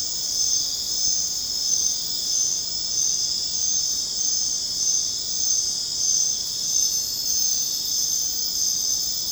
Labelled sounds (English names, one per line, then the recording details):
none
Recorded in secondary vegetation near Puerto Asís, Putumayo, Colombia, on 23 June 2025 at 23:30
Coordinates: 0.484, -76.319
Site G074